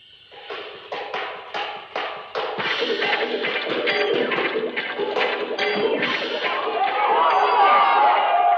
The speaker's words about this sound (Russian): О, что это за шум? Что за гам? На толп собрался. Крики? Об чим же? Братаються чи б'ються?